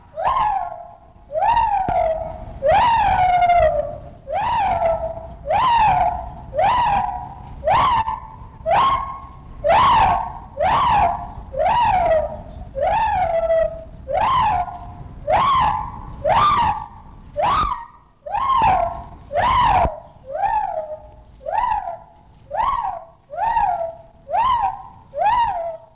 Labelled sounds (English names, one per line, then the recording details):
Lar Gibbon
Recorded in captivity
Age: adult
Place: Zoo Köln, Nordrhein-Westfalen, DE
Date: 1960-06-10 12:00
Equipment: Vollspur, Reporter
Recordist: Tembrock, Günter
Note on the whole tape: Weißhandgibbon, Rufe und Ruffolgen, hangelt dabei im Außengehege hin und her, hängt teilweise im Gitter